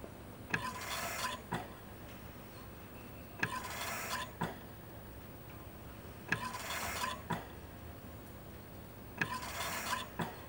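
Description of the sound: A hospital ventilator operating.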